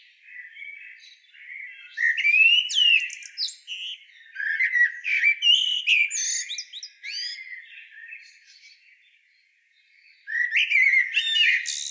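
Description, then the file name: Common blackbird singing: repeated phrases of mellow whistles, each ending in thin, squeaky high twittering, separated by short pauses. "Turdus merula"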